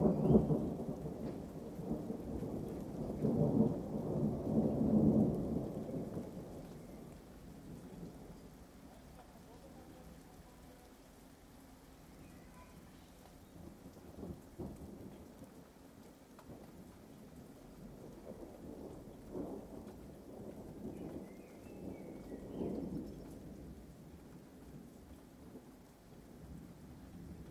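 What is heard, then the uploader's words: A thunderstorm with light rain: a deep roll of thunder fills the first six seconds, then fades into a soft, steady patter of rain. Fainter rumbles swell again around fourteen, nineteen and twenty-three seconds, low and drawn out beneath the rain. Thunderstorm with Light Rain.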